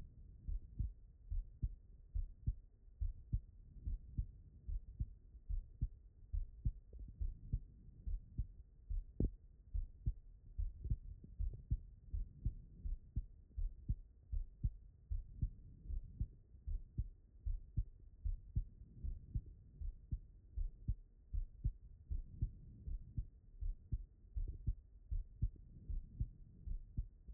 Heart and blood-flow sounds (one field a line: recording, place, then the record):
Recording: heart sounds by stethoscope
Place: pulmonary valve (PV)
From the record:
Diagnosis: non-HFrEF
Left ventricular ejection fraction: 63%